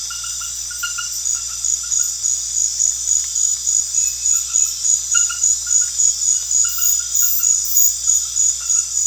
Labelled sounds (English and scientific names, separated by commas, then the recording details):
none
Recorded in pastures near Puerto Asís, Putumayo, Colombia, on 4 March 2025 at 21:00
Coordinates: 0.502, -76.324
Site GP07